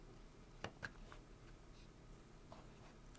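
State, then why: Seated. While reassembling a Black + Decker Lightdriver cordless screwdriver after a motor replacement, an internal plastic piece is placed into the screwdriver housing. Two sharp clicks sound at 0.6 s and 0.8 s, followed by a fainter tick near 1.1 s over quiet background noise. The piece fits into place and is seated.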